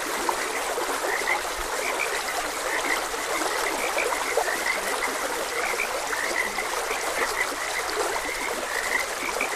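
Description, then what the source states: Frogs produce a busy chorus of brief chirping croaks over a constant stream. Frogs croaking beside a gentle stream.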